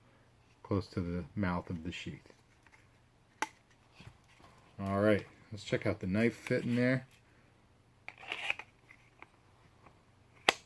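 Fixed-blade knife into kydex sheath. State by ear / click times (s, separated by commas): seated / 10.5 s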